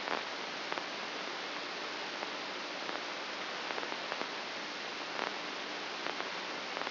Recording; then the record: brain microelectrode recording played as sound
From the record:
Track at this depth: inside the subthalamic nucleus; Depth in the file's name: 3.232 mm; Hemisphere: left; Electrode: 2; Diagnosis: Parkinson's disease